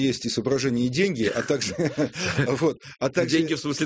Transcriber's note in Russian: смеется